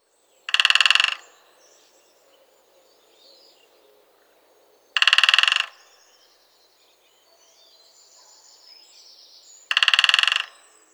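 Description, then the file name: Great spotted woodpecker drumming: three short, very fast rattling bursts about four to five seconds apart. "pic epeiche"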